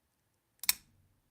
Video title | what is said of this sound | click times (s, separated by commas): Inspecting and answering questions about the SBD Mini Evo | it's quick but you can hear them they're two distinct clicks | 0.6 s, 0.7 s